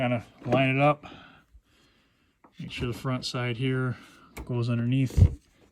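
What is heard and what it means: A plastic fender liner is being lined up in a car's wheel-well fender, its front edge tucked underneath the panel, while someone talks. Only faint handling noises sit between the words, and nothing has seated or popped into place yet when the clip ends.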